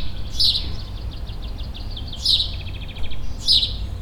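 Bird calls as three sharp chirps, the first two trailed by faint quick ticking pulses, over a low continuous hum.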